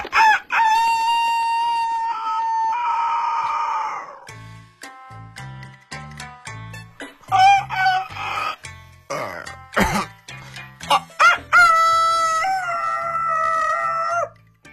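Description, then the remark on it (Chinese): A big rooster crows in long, loud, strained calls at the start and again near the end, with a rhythmic low thumping and clucking-like bursts filling the middle. “哎呀，每天呀我听着我这公鸡一叫啊我就得起来，关键是他还给我唱数来宝，天天催我早早早。”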